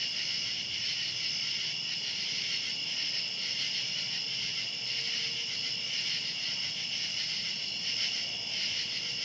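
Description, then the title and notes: Cicadas calling in a steady, dense chorus of shrill high buzzing with faint pulsing, unbroken from start to end. Outdoors at night. "Ext. Cicadas, Night by Bandeto"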